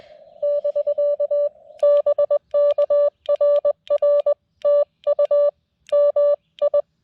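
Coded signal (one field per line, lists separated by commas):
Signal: Morse code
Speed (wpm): 20 wpm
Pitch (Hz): 590 Hz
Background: none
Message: <BK> BK RR TU MI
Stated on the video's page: CW park activation on a TX-500 with a vertical antenna in sketchy weather.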